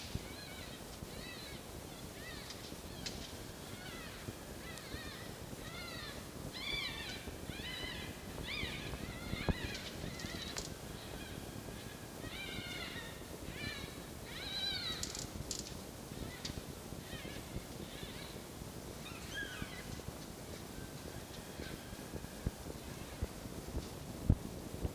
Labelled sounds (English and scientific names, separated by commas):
Red Fox (Vulpes vulpes)